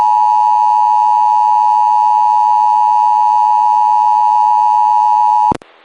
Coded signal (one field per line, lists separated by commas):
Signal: Emergency Alert System (SAME) tones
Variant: 853 and 960 Hz attention tone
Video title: IMMEDIATE EVACUATION EAS ON WCRC-FM (9-29-23)